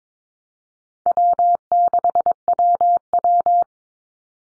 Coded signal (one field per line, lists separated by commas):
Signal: Morse code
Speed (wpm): 22 wpm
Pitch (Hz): 700 Hz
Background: none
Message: W6WW